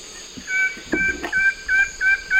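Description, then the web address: Plain-winged Antshrike repeating short, flat nasal notes in a steady series, with soft knocking sounds and an insect drone underneath. Recorded in the eastern lowlands of South America. "Natures Songs S America Eastern Lowlands. Plain-winged Antshrike"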